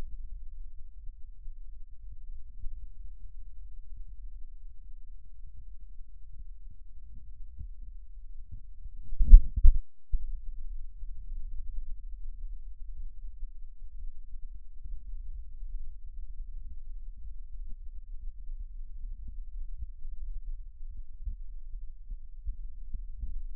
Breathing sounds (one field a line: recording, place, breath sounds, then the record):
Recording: lung sounds by stethoscope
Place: left posterior lower chest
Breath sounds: crackles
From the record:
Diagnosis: heart failure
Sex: male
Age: 53 years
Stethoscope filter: bell mode, 20 to 200 Hz